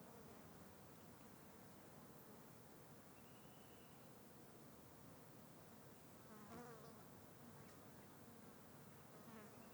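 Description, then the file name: Insects buzzing in a steady drone throughout, with a few faint brief calls above it. Insects in a valley near the mountains. "Vale perto da serra periquitos voando insetos"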